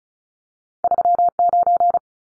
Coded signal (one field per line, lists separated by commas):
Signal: Morse code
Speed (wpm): 34 wpm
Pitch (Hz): 700 Hz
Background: none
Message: 39